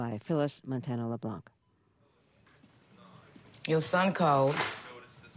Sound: Soundbite of HBO series, Treme